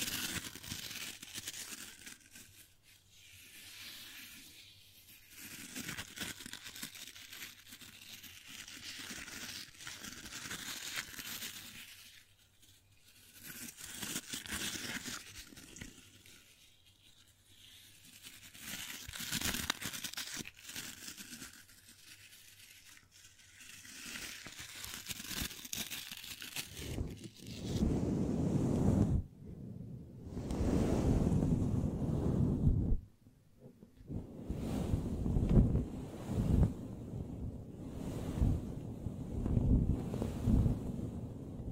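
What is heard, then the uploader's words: Soft brushing and crinkly rustling sweep in gentle waves, bright and airy at first, then turning deeper and fuller after about half a minute. ASMR Gently Brushing Your Brain (No Talking).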